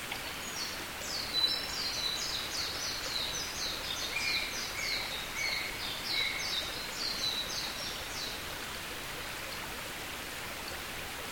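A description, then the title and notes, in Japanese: Outdoor nature sound: a steady, even hiss like rain or running water fills the whole clip. From about one to nine seconds, a rapid run of high, bright chirps repeats over it, likely a bird, joined briefly by a lower warbling line around the middle. 朝昼晩それぞれの時間帯にあわせて喜田圭一郎さんがセレクトした屋久島・ニューカレドニア・西表島の自然音をお届けします。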